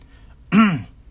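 An adult man imitates another person's throat clearing: a single short, voiced throat-clearing sound, mimicking a man who cleared his throat repeatedly at a steady rhythm.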